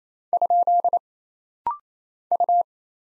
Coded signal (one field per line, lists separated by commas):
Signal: Morse code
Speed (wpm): 27 wpm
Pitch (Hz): 700 Hz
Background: none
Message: ? U